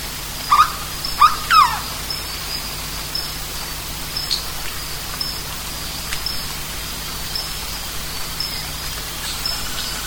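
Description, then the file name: Bird calls: three brief harsh notes with rich harmonics in the first two seconds, then only steady background hiss and faint recurring high ticks. "SABIOD 50 bird 2015"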